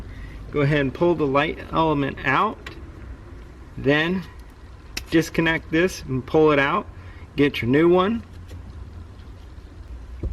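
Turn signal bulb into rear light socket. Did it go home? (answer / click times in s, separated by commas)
no / none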